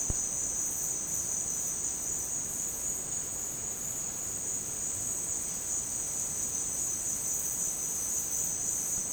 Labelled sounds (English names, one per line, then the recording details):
none
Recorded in secondary vegetation near Puerto Asís, Putumayo, Colombia, on 27 June 2025 at 15:00
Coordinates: 0.484, -76.319
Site G074